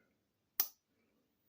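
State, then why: Seated. The blade of a bone-handled Japanese pocket knife, a Number 3, is folded closed into its handle. It gives a single sharp, bright snap at 0.6 s as it seats under its backspring, with a brief ringing tail amid near silence. The blade is seated shut.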